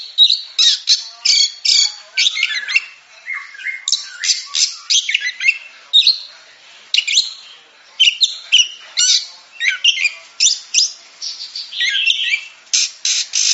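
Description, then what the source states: Oriental magpie-robin song in quick, harsh, squawky bursts interspersed with short whistled notes, phrases following each other rapidly with brief gaps. Champion-class songbird.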